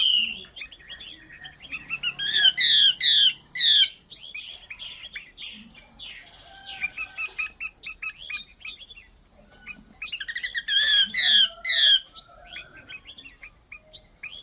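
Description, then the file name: Chinese hwamei song of quick chattered notes building into two loud bursts of repeated sweeping whistles, with softer twittering between them. Female bird singing. "Tieng chim hoa mi mai hot"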